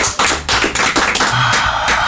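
A burst of audience applause for the moderator, Lucky Leg, many hands clapping in a dense, steady crackle that stays loud for about two seconds with no voices over it.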